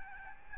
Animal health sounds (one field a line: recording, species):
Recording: mosquito wingbeat signal from an infrared sensor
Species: Aedes albopictus